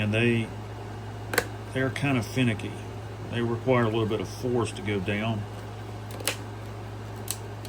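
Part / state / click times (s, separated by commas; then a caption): plastic model kit part pressed into the starship model / seated / 6.3 s. A finicky plastic model kit part is pressed down with some force into a Star Trek First Contact Starship Enterprise model while someone talks over a steady low hum. A short, sharp snap is heard at 6.3 s as the part snaps down into place.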